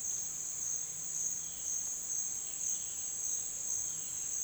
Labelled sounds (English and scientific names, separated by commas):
none